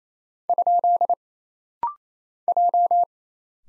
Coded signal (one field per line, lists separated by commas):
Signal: Morse code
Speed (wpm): 27 wpm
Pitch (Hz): 700 Hz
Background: none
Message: ? J